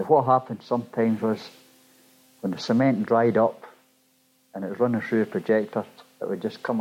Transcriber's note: none